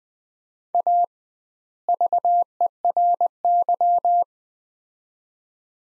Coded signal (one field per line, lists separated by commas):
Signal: Morse code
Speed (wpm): 20 wpm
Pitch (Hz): 700 Hz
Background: none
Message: A VERY